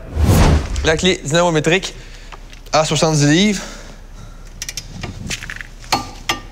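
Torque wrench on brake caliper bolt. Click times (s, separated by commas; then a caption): 5.9 s, 6.3 s. A torque wrench tightens a brake caliper bolt, and its ratcheting ends in clicks at about 5.9 s and 6.3 s as it reaches its set value. Someone talks through the first half of the clip, and short sharp ticks come before the clicks.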